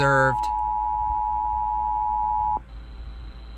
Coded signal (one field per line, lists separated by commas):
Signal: Emergency Alert System (SAME) tones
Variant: 853 and 960 Hz attention tone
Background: speech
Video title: Welcome Home and KDKA's EMNet Obsession... (EAS Alerts from 8/1-3/22) (EAS # 1213-1240)